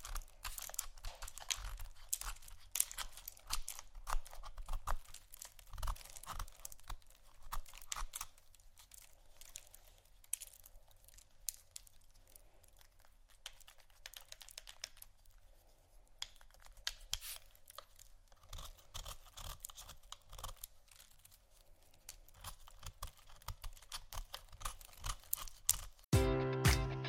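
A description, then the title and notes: Soap and candle carving, heard as a dense stream of small scraping, clicking and crinkling sounds with many sharp ticks throughout. The pace is busy but uneven, easing slightly around the middle. Near the end a brief louder rustling burst cuts in. ASMR Soap & Candle Carving （No Talking）.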